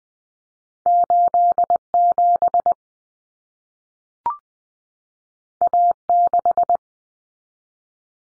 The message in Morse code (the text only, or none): 87 A6